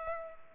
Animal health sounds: mosquito wingbeat signal from an infrared sensor; Culex pipiens

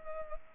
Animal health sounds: mosquito wingbeat signal from an infrared sensor; Culex pipiens

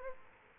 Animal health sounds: mosquito wingbeat signal from an infrared sensor; Aedes aegypti

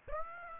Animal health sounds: mosquito wingbeat signal from an infrared sensor; Aedes aegypti

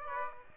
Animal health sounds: mosquito wingbeat signal from an infrared sensor; Aedes aegypti

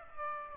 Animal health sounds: mosquito wingbeat signal from an infrared sensor; Aedes aegypti

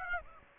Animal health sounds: mosquito wingbeat signal from an infrared sensor; Aedes aegypti

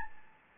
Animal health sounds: mosquito wingbeat signal from an infrared sensor; Anopheles gambiae

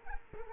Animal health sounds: mosquito wingbeat signal from an infrared sensor; Culex quinquefasciatus

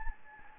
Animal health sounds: mosquito wingbeat signal from an infrared sensor; Anopheles gambiae

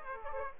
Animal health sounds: mosquito wingbeat signal from an infrared sensor; Aedes aegypti

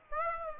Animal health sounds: mosquito wingbeat signal from an infrared sensor; Aedes aegypti

